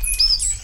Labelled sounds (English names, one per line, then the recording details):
Stitchbird song
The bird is a male
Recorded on Tiritiri Matangi Island, New Zealand, in 2005
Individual 19, of nest box 27